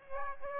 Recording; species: mosquito wingbeat signal from an infrared sensor; Aedes aegypti